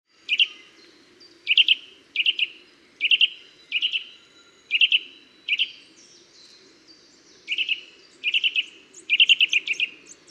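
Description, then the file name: Eurasian nuthatch calling: loud, sharp whistled notes delivered singly and in short clusters, repeated roughly every half second to second with short gaps between groups. "Sitta europaea"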